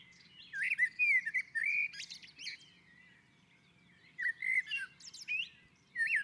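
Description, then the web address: Common blackbird singing rich, rounded whistled phrases that close with thin scratchy chirps, a pause, then another fluty phrase and a brief final note. On a roof. "Naturinspelningar Koltrast på taket"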